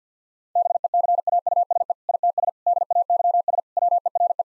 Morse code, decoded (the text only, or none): BECAUSE ITS DAYS WERE